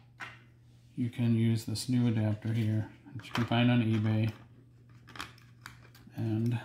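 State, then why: Not seated. A plastic battery conversion adapter is handled at the battery bay of a Yuneec Mantis Q drone while someone talks. Brief clicks and taps are heard between the words, but nothing has seated or clicked into place yet.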